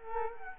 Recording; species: mosquito wingbeat signal from an infrared sensor; Culex quinquefasciatus